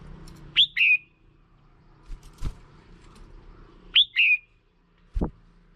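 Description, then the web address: Red-whiskered bulbul call, a quick whistled two-part phrase given twice about three seconds apart, with brief low thumps and a short falling sweep in the background. Female bird. "tieng chao mao mai. tieng dong vat"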